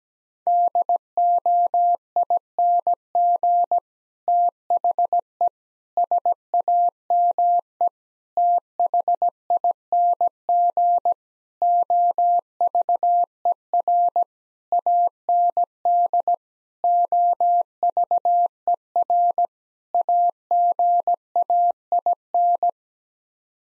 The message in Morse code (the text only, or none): DOING THE SAME THING OVER AND OVER AGAIN